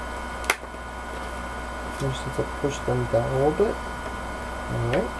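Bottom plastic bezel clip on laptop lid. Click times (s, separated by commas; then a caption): 0.5 s. A single sharp click at 0.5 s as the bottom clips of the plastic bezel on a Lenovo T430 laptop lid are pushed down onto the lid, seating the trickiest bezel clip into place. Someone talks afterward over a steady low hum.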